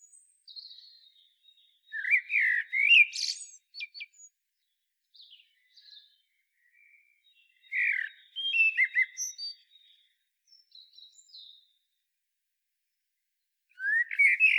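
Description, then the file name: Common blackbird song phrases, each a rich low warble ending in scratchy high notes, repeated roughly every six seconds, with faint soft notes in the pauses. "Turdus merula"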